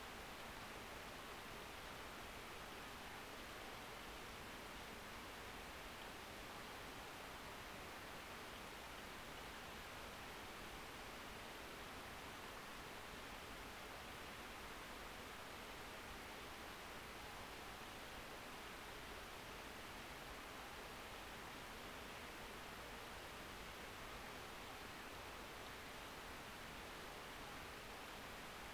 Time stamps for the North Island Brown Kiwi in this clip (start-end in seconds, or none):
none